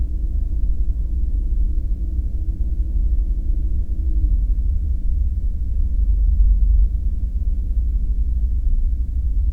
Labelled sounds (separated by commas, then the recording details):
machinery, flare stack
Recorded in the Prudhoe Bay oil fields, Alaska, on 5 September 2019 at 00:21
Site 14